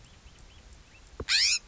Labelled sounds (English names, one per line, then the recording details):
California Scrub-Jay
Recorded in Sonoma County, California